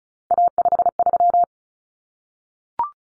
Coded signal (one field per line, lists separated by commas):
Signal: Morse code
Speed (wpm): 34 wpm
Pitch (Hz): 700 Hz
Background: none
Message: A53